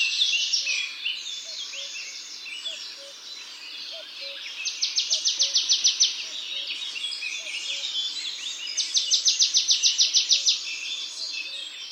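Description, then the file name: Marsh tit calling: two fast, high, evenly ticking rattles of many dry notes each, over steady background hiss and soft low repeated notes. "Poecile palustris"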